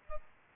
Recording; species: mosquito wingbeat signal from an infrared sensor; Aedes albopictus